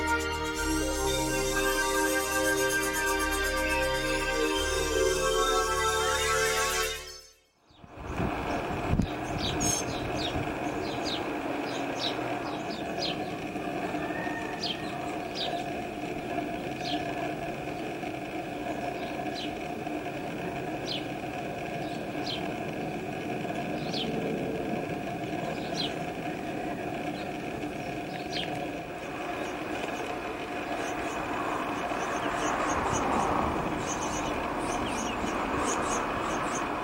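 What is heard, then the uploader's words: A fledgling bird in a backyard gives short, high peeps, repeated every second or two through most of the clip. A steady low rumble, like traffic or machinery, runs underneath. A denser, buzzing noise fills the opening seconds before cutting off sharply. Fledgling bird in backyard.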